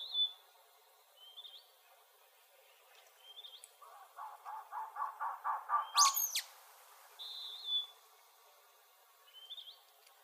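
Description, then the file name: Sulphur-bellied flycatcher, a loud shrill upswept squeal amid a rolling pulsed trill and repeated short high whistles. Arizona, 17 May 2007. "SBFL 3 deviche"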